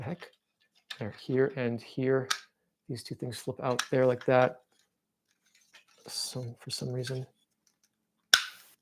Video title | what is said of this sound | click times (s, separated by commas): 💥GIJOE DREADNOKS VS SOUNDWAVE💥Thunder Machine UNBOXING!!! | oh, okay. Click into place. | 8.3 s